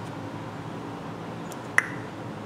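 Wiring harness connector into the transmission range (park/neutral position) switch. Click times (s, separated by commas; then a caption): 1.8 s. On a Nissan Versa being repaired for a P0705 code, the wiring harness connector is pushed back into the transmission range (park/neutral position) switch after its locking tabs are pressed down. Over steady low background noise, a single sharp click sounds at 1.8 s as the connector seats fully.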